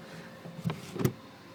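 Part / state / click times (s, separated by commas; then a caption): trunk floor panel into car cargo area / seated / 0.7 s, 1.1 s. A homemade hinged, foldable trunk floor panel is set back into the cargo area of an Astra J after being removed. Two short knocks sound as it lands, at 0.7 s and 1.05 s. The panel drops into place and seats, leaving a flat trunk floor.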